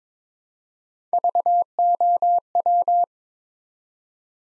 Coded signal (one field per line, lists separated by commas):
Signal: Morse code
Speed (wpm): 22 wpm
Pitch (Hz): 700 Hz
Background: none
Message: VOW